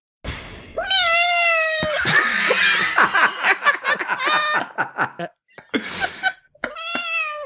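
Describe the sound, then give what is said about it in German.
A cat gives a long, drawn-out meow, followed by a stretch of rapid, breathy laughter-like bursts, then a short second meow at the end. “Was machst du mit der Katze?”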